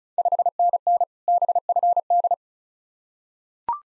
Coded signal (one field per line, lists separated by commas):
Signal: Morse code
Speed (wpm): 36 wpm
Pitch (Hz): 700 Hz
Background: none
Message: 5NN BFD